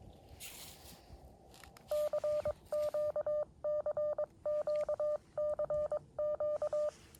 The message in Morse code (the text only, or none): CQ CQ CQ